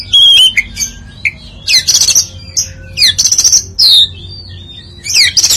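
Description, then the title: Oriental magpie-robin song: loud, varied whistled phrases and harsh buzzy notes high in pitch, delivered in bursts with short pauses, over a low steady hum. "Kacer"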